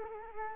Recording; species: mosquito wingbeat signal from an infrared sensor; Culex quinquefasciatus